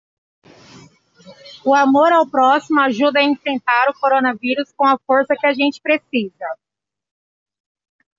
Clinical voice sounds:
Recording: spoken sentence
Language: Brazilian Portuguese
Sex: female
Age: 30 to 39 years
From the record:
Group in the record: control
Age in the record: 34 years

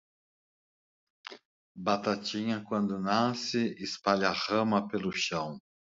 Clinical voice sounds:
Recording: short text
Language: Brazilian Portuguese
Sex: male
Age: 60 to 69 years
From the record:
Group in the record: control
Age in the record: 60 years

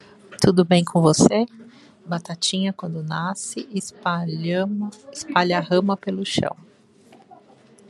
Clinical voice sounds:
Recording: short text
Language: Brazilian Portuguese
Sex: female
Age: 40 to 49 years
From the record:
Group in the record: control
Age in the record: 47 years

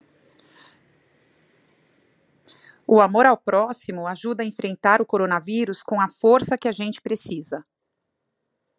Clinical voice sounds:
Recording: spoken sentence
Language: Brazilian Portuguese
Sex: female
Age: 40 to 49 years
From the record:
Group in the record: control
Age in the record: 49 years

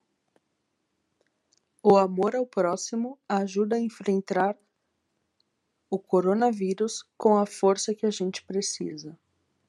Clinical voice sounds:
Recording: spoken sentence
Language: Brazilian Portuguese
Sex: female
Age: 30 to 39 years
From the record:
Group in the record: control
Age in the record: 38 years

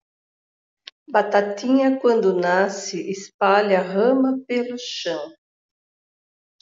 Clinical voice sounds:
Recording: short text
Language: Brazilian Portuguese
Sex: female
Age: 60 to 69 years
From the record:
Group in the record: control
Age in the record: 60 years

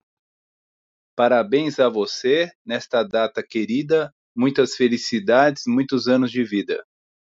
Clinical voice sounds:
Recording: short text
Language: Brazilian Portuguese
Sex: male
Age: 40 to 49 years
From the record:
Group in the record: control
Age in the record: 45 years

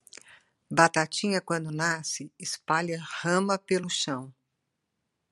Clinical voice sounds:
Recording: short text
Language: Brazilian Portuguese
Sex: female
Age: 70 to 79 years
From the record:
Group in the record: control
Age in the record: 70 years

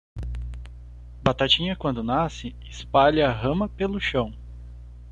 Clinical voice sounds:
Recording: short text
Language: Brazilian Portuguese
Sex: male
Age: 30 to 39 years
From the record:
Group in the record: control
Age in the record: 37 years

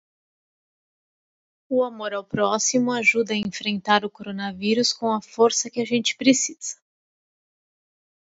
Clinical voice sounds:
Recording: spoken sentence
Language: Brazilian Portuguese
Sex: female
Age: 40 to 49 years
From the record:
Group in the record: control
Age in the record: 48 years

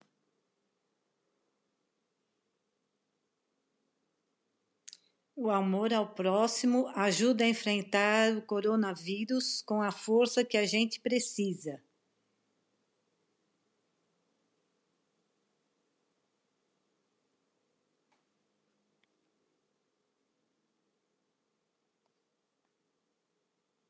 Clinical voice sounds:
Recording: spoken sentence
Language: Brazilian Portuguese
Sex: female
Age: 60 to 69 years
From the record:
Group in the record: control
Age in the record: 68 years

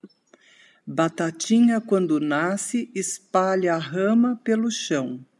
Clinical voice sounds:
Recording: short text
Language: Brazilian Portuguese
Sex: female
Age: 60 to 69 years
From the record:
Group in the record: control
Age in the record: 60 years

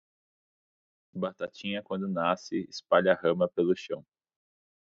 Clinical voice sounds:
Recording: short text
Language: Brazilian Portuguese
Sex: male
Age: 20 to 29 years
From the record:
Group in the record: control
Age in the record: 26 years

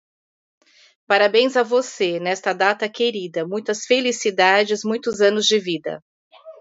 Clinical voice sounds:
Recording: short text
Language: Brazilian Portuguese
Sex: female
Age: 50 to 59 years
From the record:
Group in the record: control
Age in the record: 53 years

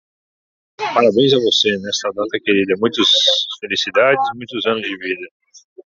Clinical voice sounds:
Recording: short text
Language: Brazilian Portuguese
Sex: male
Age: 30 to 39 years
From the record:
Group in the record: control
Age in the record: 39 years

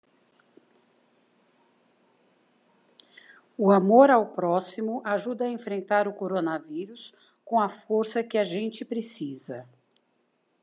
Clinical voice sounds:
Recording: spoken sentence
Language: Brazilian Portuguese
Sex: female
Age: 60 to 69 years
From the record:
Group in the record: control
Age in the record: 60 years

